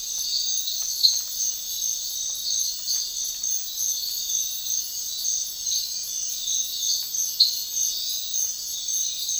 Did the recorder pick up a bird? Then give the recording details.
no. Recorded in dense forest near Puerto Asís, Putumayo, Colombia, on 4 March 2025 at 05:30. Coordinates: 0.500, -76.322. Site GP06